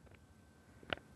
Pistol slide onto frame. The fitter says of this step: till you hear that click.